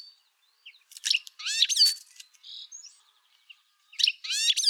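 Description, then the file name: European goldfinch calls: bright twittering and tinkling notes in two short bursts, with a brief buzzy note between. "Carduelis carduelis"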